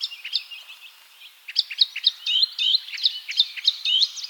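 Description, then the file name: Eurasian blackcap warbling song: soft chattering at first, then louder clear whistled notes in quick succession. "Sylvia atricapilla"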